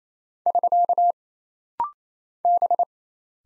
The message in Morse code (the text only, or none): <SK> B